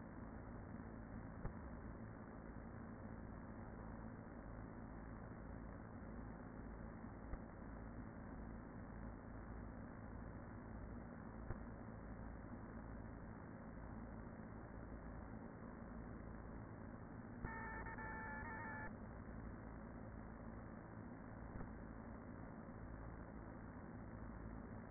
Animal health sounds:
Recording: honeybee colony, microphone inside the hive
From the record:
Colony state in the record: queen present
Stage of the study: after two queens were removed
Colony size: about 40,000 bees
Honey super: no

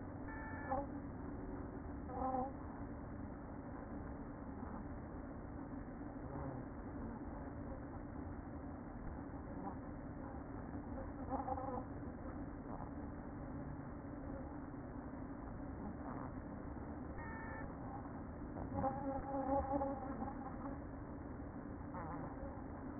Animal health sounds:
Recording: honeybee colony, microphone inside the hive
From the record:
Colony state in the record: queen present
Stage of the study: after two queens were removed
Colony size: about 60,000 bees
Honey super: yes

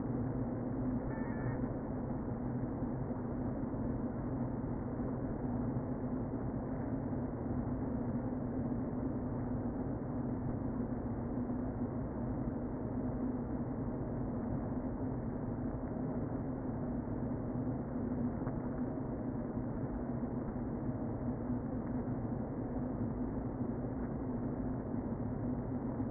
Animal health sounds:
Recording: honeybee colony, microphone inside the hive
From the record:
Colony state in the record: queen present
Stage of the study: before two queens were removed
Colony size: about 60,000 bees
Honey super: yes

